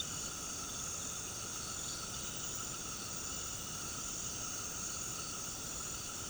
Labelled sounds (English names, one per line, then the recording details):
none
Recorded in pastures near Puerto Asís, Putumayo, Colombia, on 13 March 2025 at 18:30
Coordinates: 0.486, -76.323
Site G075